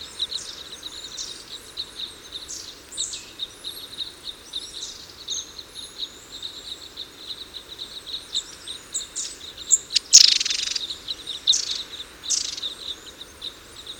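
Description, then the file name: Red crossbill flight calls, a steady stream of high chips from several birds, with a loud rasping burst around ten seconds and further sharp notes after it. Call type N; flight calls. "Red Crossbill Type N - FCs"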